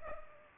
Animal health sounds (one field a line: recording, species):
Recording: mosquito wingbeat signal from an infrared sensor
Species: Culex pipiens